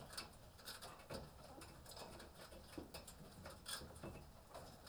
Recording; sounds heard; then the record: poultry house recording; healthy chickens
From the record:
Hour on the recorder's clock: 18